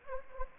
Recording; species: mosquito wingbeat signal from an infrared sensor; Anopheles gambiae